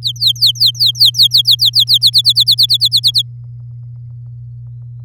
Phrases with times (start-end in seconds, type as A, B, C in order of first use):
0.02-1.98 A, 2.01-3.22 B